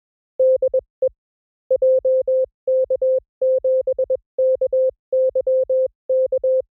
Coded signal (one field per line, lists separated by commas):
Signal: Morse code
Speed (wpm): 23 wpm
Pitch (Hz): 520 Hz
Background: none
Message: DE JK7KYK